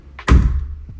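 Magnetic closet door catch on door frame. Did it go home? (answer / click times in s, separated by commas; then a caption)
yes / 0.2 s, 0.3 s. A closet door fitted with a magnetic catch is pushed shut against the small magnet plate on the door frame. A light tap at 0.2 s is followed by a sharper snap at 0.3 s, with a short low thud trailing after. The magnetic latch snaps closed and the door is held shut.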